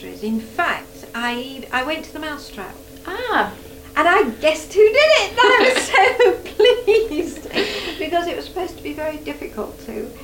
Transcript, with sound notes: In fact, I went to 'The Mousetrap'--
A-ah!
And I guessed who did it! [laughs] And I was so [laughing] pleased! Because it was supposed to be very difficult to.